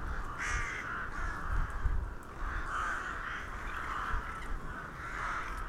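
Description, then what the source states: Cawing crows, rough repeated calls running together with a short gap, over a low background rumble. Several crows recorded in Hernals, Vienna, in December 2021.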